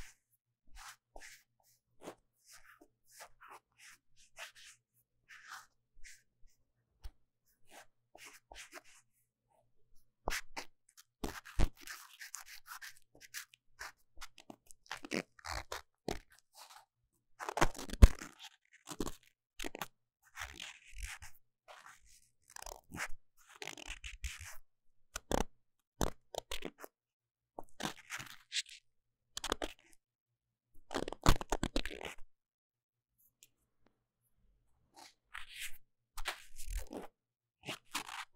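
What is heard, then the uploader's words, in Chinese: Deep cleaning of microphone ears, heard as a stream of crunching, rubbing and scratchy tearing sounds. Quiet and sparse for the first ten seconds, then denser, louder bursts with sharp clicks and scrapes, easing into brief pauses near the end. 麥克風耳朵深度清潔。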